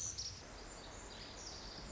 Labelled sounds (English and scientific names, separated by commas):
Pacific Wren (Troglodytes pacificus)